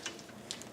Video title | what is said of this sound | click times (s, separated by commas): Oceana Bal Harbour Kitchen Appliances Tutorial Video | you lock them in, and you can set those tall items anywhere | 0.5 s